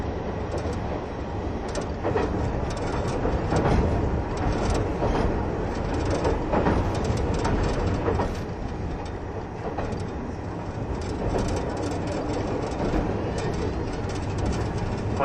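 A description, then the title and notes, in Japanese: Running sound from aboard the Kiha 71 series Yufuin no Mori express: a steady, dense low rumble of the train in motion with a constant level throughout. Faint rattles and clicks recur irregularly over the drone, with no clear rhythmic wheel beat. キハ71系 ゆふいんの森03号02 日田～由布院。走行音(音の旅)。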